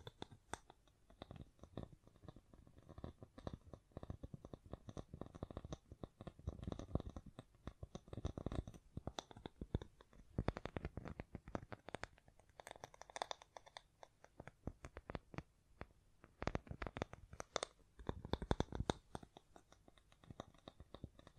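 Fingers tap, scratch and brush against a microphone in a dense, uneven stream of short rustling hits that continues throughout. Sharper taps cluster around the middle and later stretches, with brief quieter gaps between bursts and no steady rhythm.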